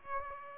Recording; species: mosquito wingbeat signal from an infrared sensor; Aedes aegypti